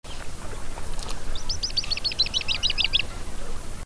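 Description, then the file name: Semipalmated sandpiper gives a rapid series of short, high chittering notes that quicken toward the end, over steady low background noise. "Calidris pusilla"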